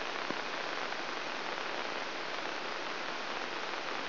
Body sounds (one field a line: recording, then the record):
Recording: brain microelectrode recording played as sound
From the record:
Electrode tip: inside the subthalamic nucleus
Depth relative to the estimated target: 2 mm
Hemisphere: right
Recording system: AlphaMap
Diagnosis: Parkinson's disease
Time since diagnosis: 13 years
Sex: male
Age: 62 years